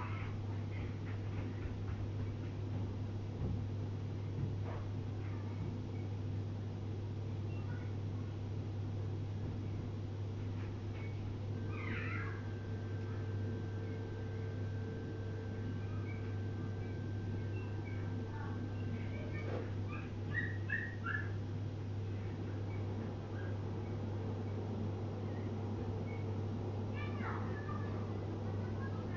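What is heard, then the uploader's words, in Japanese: Everyday household sounds over a steady, unbroken low hum that runs the whole time. Scattered small clicks and knocks occur throughout, with short high, squeaky calls, perhaps from a cat, around 12 seconds, near 20 seconds, and again near the end. 生活音。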